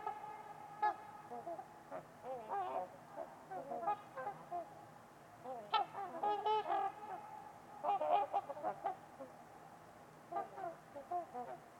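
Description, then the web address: Trumpeter swans giving nasal, horn-like honks in loose, irregular bursts throughout. Trumpeter swans at Winters Lake on a winter's eve in a deep, quiet valley. "Trumpeter Swans on a Winter's Eve. Winters-Lake-with-Swan. Wind Is the Original Radio"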